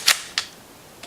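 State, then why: Seated. The charging lever of a Cybergun ICS Sig 551 airsoft electric rifle is pulled fully back to reach the hop-up adjustment. A sharp metallic snap is followed by a click at 0.4 s as the lever locks into its rear position, then a faint tick near the end. The lever is confirmed locked back.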